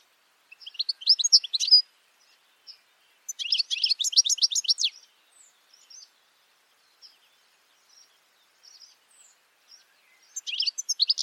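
Bird singing short varied phrases of chirps and quick trills, with quiet gaps holding scattered faint chips between them.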